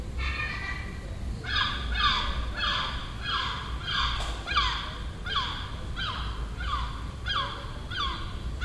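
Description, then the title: Gull calling loudly in a fast, steady series of downward-sliding notes, with a low rumble underneath. Nesting gull on a neighbouring roof in Den Haag, Netherlands, recorded June 18th 2017; it made these sounds all day for a week. "Seagull Chatter (Den Haag"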